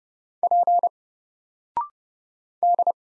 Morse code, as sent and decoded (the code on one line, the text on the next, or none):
.--. / -..
P D